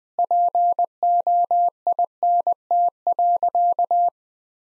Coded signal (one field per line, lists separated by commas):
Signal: Morse code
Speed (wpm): 21 wpm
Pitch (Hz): 700 Hz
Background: none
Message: POINT.